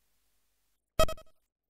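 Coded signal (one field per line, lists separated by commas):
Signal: none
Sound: game music beeps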